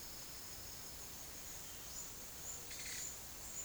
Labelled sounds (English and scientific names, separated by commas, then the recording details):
none
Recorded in secondary vegetation near Puerto Asís, Putumayo, Colombia, on 24 March 2025 at 09:30
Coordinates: 0.489, -76.322
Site G042